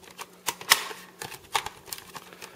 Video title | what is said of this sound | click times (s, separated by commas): [How To] Install the Tape, Tissue, and Straw Mod for Slim Playstation 2 Tutorial! [CC] | You know everything works right because you hear the nice snapping sound, yeah, that's what I'm talking about. | 0.5 s, 0.7 s, 1.2 s, 1.6 s, 1.7 s, 1.9 s